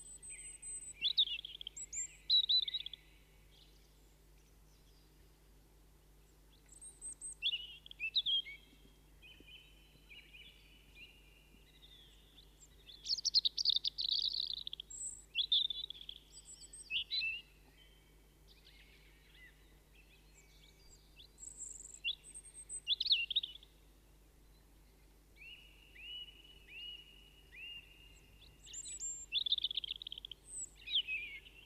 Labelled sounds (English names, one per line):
European Robin song